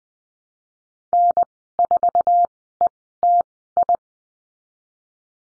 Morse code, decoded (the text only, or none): N4ETI